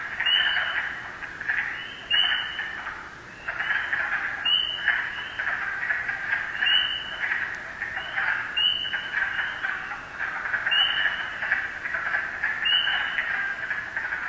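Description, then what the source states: Spring peeper giving clear rising peeps, repeated about every two seconds, set against a continuous background chorus of many frogs. First spring peepers heard calling this season.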